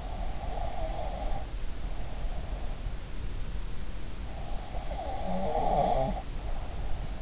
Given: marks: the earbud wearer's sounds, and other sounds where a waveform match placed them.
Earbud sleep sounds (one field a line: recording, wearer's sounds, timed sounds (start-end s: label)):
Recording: sounds in sleep by an in-ear microphone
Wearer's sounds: breath, snoring breath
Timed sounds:
0.10-2.64 s: breath
4.63-7.22 s: breath
5.17-6.36 s: snoring breath